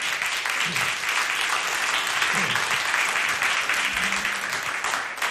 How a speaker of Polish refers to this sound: Dziękuję, to są moi czarodzieje. Proszę Państwa, wielkie brawa dla nich.